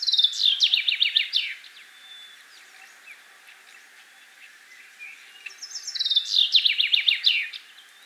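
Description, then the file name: Common chaffinch song heard twice, each a rapid cascade of repeated notes falling in pitch and closing with a quick flourish; quiet high twitters between. "Fringilla coelebs"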